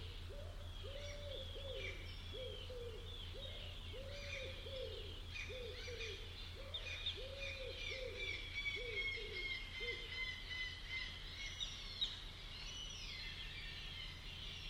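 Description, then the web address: Bird calls: a long run of many short, arched hooting notes, with thin high chirps and whistles above and a steady low hum throughout. "cianscape birddata Deverinetal 2025 File origin Bird Only"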